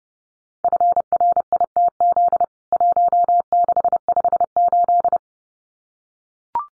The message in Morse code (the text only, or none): FRITZ 1658